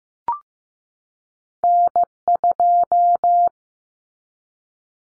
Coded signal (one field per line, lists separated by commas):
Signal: Morse code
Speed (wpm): 15 wpm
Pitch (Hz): 700 Hz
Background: none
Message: N2